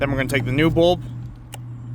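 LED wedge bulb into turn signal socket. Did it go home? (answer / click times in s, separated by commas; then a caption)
yes / 1.5 s. Someone talks as a new Lasfit T3 LED turn signal bulb (7443/7444, plastic wedge base) is pushed into the rear turn signal socket of a 2018 Subaru Impreza taillight, over a low steady hum. A short, sharp click at 1.5 s marks the bulb seating in the socket.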